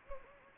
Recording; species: mosquito wingbeat signal from an infrared sensor; Anopheles gambiae